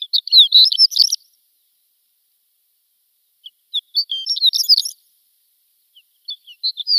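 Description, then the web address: Shore lark song: short high tinkling phrases of jumbled twittering notes, one at the start, another around four seconds, and a third beginning near the end, separated by silence. "Schulze Peter Shore Lark"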